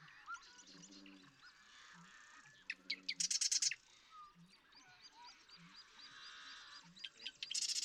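Marsh Wren song: one brief, dry, rapid trill stands out midway, with another starting at the end; low hooting notes and other bird calls fill the background.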